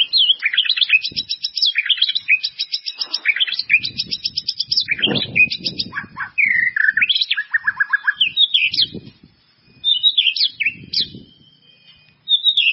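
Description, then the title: White-rumped Shama singing a varied, high whistled song of trills, chirps and slurred notes, with low knocking sounds beneath and a few short pauses. "murai batu"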